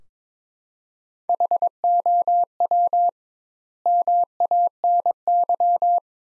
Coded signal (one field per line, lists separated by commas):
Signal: Morse code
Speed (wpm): 22 wpm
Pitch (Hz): 700 Hz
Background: none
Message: HOW MANY